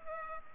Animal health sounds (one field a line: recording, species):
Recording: mosquito wingbeat signal from an infrared sensor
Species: Culex pipiens